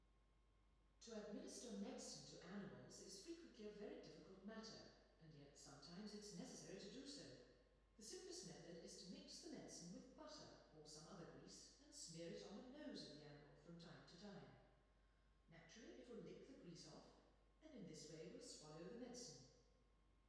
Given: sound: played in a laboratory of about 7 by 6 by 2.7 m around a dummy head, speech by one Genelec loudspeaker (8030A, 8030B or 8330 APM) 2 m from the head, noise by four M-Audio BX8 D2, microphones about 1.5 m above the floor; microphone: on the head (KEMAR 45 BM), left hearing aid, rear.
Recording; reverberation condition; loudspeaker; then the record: female speech in English; high; 30 degrees to the right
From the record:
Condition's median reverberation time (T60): about 1300 ms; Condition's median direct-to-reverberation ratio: about -4.0 dB